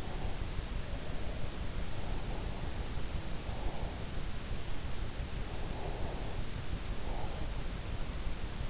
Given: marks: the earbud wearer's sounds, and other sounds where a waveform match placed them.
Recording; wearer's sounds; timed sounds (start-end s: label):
sounds in sleep by an in-ear microphone; breath
5.68-7.63 s: breath